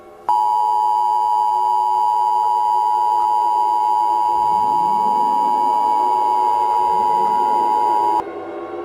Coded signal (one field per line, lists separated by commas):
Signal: Emergency Alert System (SAME) tones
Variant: 853 and 960 Hz attention tone